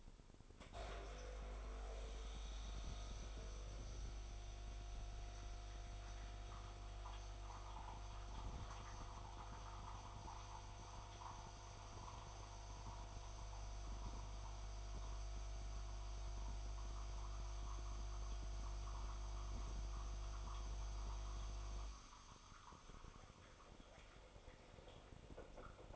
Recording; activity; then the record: daily activity, microphone in the room; make coffee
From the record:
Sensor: 5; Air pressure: 988.6 hPa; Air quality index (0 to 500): 224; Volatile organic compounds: 144 ppm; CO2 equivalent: 3997 ppm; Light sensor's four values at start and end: 41/127/49/53 and 41/126/49/52